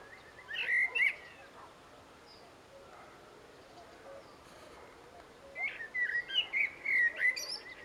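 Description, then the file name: Common blackbird phrases: a brief fluty warble near the start, a long quiet gap with faint background birds, then a livelier run of whistled notes ending in thin twitters. "Turdus merula"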